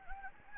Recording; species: mosquito wingbeat signal from an infrared sensor; Anopheles gambiae